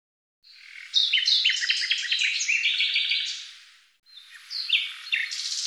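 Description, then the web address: Bird song, a rapid jumble of high chirps and short whistled notes running for about three seconds, then a brief pause before another busy burst. "Deverinetal 2025"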